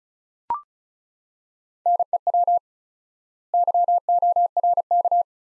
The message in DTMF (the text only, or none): none